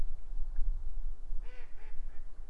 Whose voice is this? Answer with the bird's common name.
Mallard